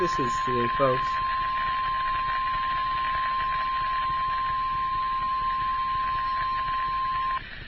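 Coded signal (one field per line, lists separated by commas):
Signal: Emergency Alert System (SAME) tones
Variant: 1050 Hz attention tone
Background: speech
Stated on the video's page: EAS tones for a Severe Thunderstorm Warning issued for New York.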